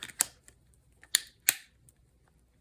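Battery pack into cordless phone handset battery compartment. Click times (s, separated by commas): 1.2 s, 1.5 s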